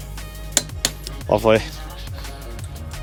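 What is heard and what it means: A torque wrench tightens a wheel bolt through a wheel spacer into the hub and clicks at its setting, giving a loud double click at 0.6 s and 0.8 s. Someone then talks briefly, with music playing throughout. The bolt is confirmed torqued down.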